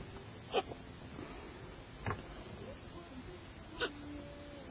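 Three short, sharp hiccup bursts from an adult, about 1.6 seconds apart, over a quiet room hiss.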